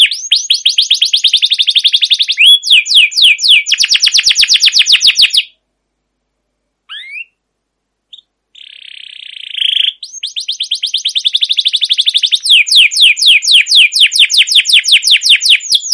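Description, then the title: Canary delivering long rapid trills of sweeping notes, a pause with a few brief rising notes and a buzzy burst, then resuming fast rolling trills. Long continuous rolling trilled singing with cuit-cuit notes, used as a master training and lure recording to stimulate canaries to sing. "CUIT CUIT NGEROL LANGSUNG GACOR PANJANG Kenari Ini AMPUH Utk Pancingan KENAR. Masteran Suara Burung Kenari Gacor Panjang cuit cuit Ngerol untuk Pancingan Kenari"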